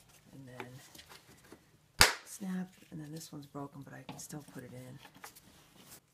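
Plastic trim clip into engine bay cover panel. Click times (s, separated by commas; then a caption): 2.0 s. A second plastic trim snap clip is pushed home into the engine bay cover panel of a Mercedes-Benz W163 (ML320, ML350, ML500, ML430), giving a loud, sharp snap at 2.0 s as it seats. Someone talks before and after the snap.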